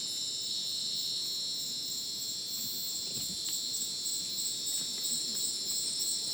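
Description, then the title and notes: Crickets chirping in a continuous, piercing high chorus of layered trills, with a few faint clicks partway through. Dense rainforest at Ucumari, Madidi National Park, Bolivia, after sunset; very dense insect chorus like a polyrhythmic electronic concert; AT BP4029 microphone, MixPre 6 recorder. "Madidi National Park, Ucumari, Bolivia - Supersonic Crickets in the rainforest. Después del atardecer, un espacio muy denso en medio del bosque. Increíble densidad de insectos"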